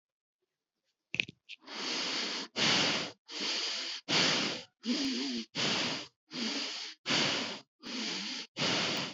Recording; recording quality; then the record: shallow breathing; excellent, no background noise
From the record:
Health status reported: COVID-19 positive, mild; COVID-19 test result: positive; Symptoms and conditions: cough, sore throat, loss of smell and taste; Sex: male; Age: 32 years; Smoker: not ticked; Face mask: not worn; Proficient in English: yes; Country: India